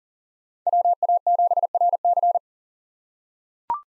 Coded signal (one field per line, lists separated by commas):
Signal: Morse code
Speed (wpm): 40 wpm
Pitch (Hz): 700 Hz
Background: none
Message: WA7RC